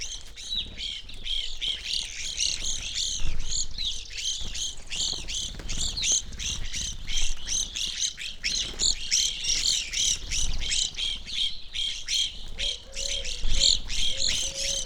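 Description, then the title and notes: Evening grosbeaks giving a steady stream of short, bright chirps from many birds, with a quiet low whistled tone late on. Flock feeding on sunflower seeds at a feeder hanging in a birch tree, backyard, McCloud, Siskiyou County, California; relatively warm winter morning; two microphones on either side of the tree trunk. "I recorded this at my home in the small town of McCloud in Siskiyou County, California. It was a relatively warm winter morning, and a flock of Evening Grosbeaks was busily eating a breakfast of sunflower seeds from a feeder hanging from the branch of a birch tree in my backyard."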